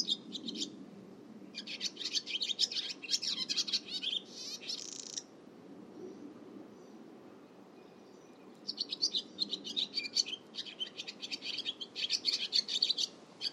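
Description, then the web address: Bird song in long dense bouts of rapid, high twittering chirps, broken by a quiet gap of several seconds before the chattering resumes. "Bird Only"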